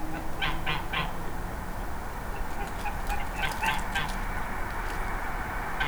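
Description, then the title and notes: Goose: geese giving a quick run of three nasal honks, then softer scattered calls, over a constant low rumble. Geese eating a midnight snack at Kalkovenstraat, Mechelen, Belgium, while a train passes; recorded with a Zoom H4n Pro. "Kalkovenstraat, 2800 Mechelen, België - Ganzen. Geese eating midnight snack, train passing"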